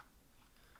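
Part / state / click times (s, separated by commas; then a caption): audio cable connector into boom pole base socket / not seated / none. The connector of an uncoiled audio cable is handled and pushed toward the socket at the bottom of a boom pole, where it is meant to latch with a little click that shows it was done right. Only faint, low handling noise is heard, with a slight soft bump near the end at about 0.8 s. The clip ends before the connector goes home, so nothing has seated or clicked yet.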